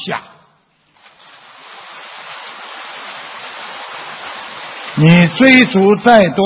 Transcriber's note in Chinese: 掌声